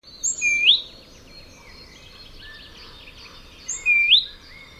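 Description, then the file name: Great tit calls: two sharp, upswept whistled notes a few seconds apart, each with a thin high note, over soft background hiss. "Parus major"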